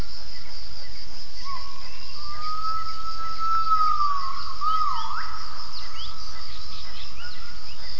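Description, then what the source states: Gibbon call: a single long, faint whistled note held for about four seconds, over a steady background hiss. Recorded for acoustic triangulation.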